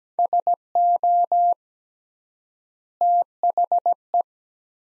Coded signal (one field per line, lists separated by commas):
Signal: Morse code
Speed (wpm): 17 wpm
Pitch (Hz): 700 Hz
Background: none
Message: SO THE